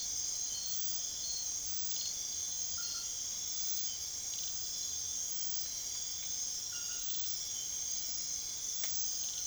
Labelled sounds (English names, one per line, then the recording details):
none
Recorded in secondary vegetation near Puerto Asís, Putumayo, Colombia, on 23 June 2025 at 00:00
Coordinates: 0.500, -76.326
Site GP08